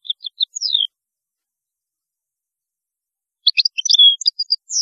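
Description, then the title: European goldfinch song: a short twittering phrase with a falling slur, silence, then another burst of quick liquid notes and slurs. "Chant Chardonneret"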